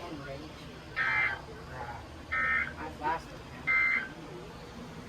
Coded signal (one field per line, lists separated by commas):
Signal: Emergency Alert System (SAME) tones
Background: speech